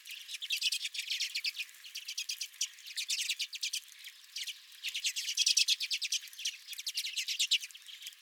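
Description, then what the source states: Several redpolls twittering together, quick high chip notes in steady rattling series with brief gaps between bursts. Several redpolls at the recordist's own feeder.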